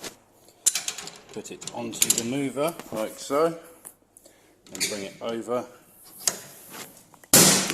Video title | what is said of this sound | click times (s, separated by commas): FC19043 Swift Elegance 480 | you hear it clunk into place now the Mover is engaged | 7.3 s